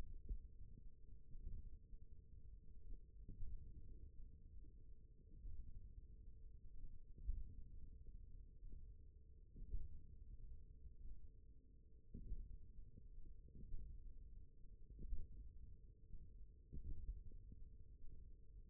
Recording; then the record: forearm muscle sounds (acoustic myography)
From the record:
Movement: thumb flexion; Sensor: system 1, eight BSWA MPA416 microphones around the upper forearm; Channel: 4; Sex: male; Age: 28 years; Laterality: right